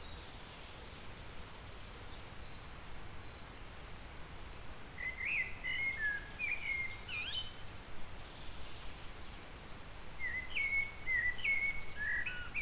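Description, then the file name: Eurasian blackbird, two melodious whistled song phrases in the second half with high, thin twittering; low rumbling noise throughout. "Turdus merula"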